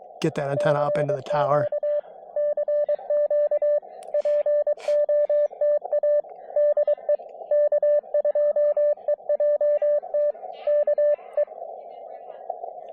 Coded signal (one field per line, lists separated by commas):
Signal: Morse code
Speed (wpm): 23 wpm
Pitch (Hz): 590 Hz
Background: speech, radio noise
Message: CQ CQ POTA DE K2EJT K E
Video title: POTA from Balsam Lake Mountain